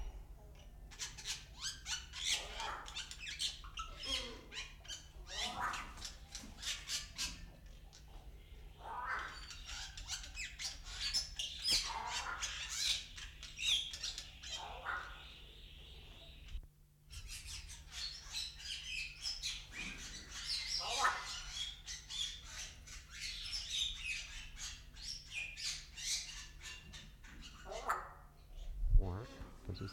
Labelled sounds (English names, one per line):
Bali Myna